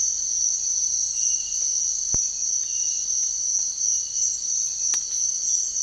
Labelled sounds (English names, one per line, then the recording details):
none
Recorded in secondary vegetation near Puerto Asís, Putumayo, Colombia, on 9 March 2025 at 06:00
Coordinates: 0.499, -76.323
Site G094